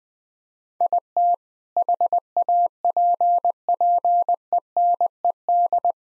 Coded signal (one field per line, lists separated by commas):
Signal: Morse code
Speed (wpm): 20 wpm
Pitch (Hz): 700 Hz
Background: none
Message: IT HAPPENED